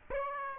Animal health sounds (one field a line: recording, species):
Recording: mosquito wingbeat signal from an infrared sensor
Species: Aedes aegypti